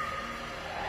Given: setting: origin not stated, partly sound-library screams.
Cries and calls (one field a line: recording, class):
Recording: one-second piece from a danger detection set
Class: woman in danger